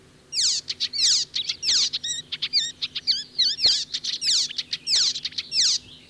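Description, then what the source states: Icterine Warbler singing a lively, varied medley of high sweeping whistles and quick repeated notes with brief pauses. Migrant arriving in Finland in late May; found in lush parks of southern and central Finland; borrows phrases from other birds, including harsh Fieldfare sounds; a daytime singer.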